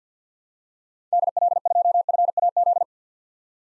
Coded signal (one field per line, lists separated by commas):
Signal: Morse code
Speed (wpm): 50 wpm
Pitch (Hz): 700 Hz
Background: none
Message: DL2FAZ